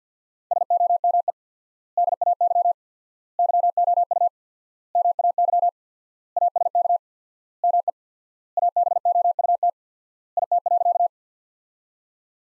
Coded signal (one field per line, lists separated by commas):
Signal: Morse code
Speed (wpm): 50 wpm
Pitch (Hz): 700 Hz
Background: none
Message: SOME DAY YOU MAY ASK ME ABOUT IT.